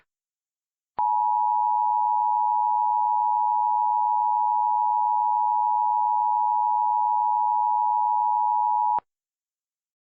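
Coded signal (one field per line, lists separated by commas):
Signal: Emergency Alert System (SAME) tones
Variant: 853 and 960 Hz attention tone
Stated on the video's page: Fictional EAS scenario with valid SAME tones, simulated alert about an Elmo rampage across the U.S.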